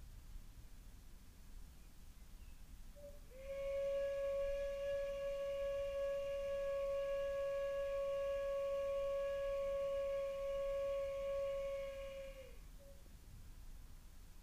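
A crystal singing bowl sounds one steady, unwavering mid-pitched tone with a few faint higher overtones. It swells in at about three seconds, holds evenly for roughly nine seconds, and fades out near twelve and a half, over a low, constant rumble.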